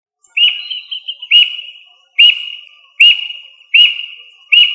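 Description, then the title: Bird calling with steady, sharp whistled notes that open with a rising sweep and trail off, repeated roughly every second, with a short warbled phrase at the start. "LuckyPassaro Completos2Sama"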